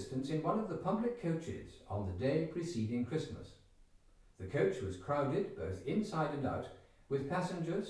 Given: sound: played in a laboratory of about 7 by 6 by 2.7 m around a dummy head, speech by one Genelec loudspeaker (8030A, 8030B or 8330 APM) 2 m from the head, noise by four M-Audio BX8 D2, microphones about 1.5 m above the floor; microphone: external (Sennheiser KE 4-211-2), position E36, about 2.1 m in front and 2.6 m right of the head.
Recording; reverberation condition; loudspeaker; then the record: male speech in English; medium; 150 degrees to the right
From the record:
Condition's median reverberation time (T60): about 510 ms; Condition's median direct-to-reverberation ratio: about -0.5 dB